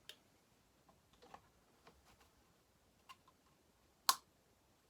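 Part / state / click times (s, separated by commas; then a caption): air filter onto chainsaw carburetor housing / seated / 4.1 s. The air filter on a Dolmar 6400 chainsaw, refitted over the Zama carburetor after cleaning it to fix a no-start and flooding problem, is pressed back onto the carburetor housing. A few faint ticks and taps come first, then a sharp, loud click at 4.1 s as the filter seats.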